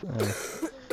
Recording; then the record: coughing mixed with background sound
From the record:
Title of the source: Single wet cough